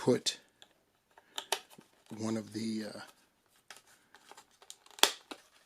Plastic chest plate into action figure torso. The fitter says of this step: there we go. Snap into place.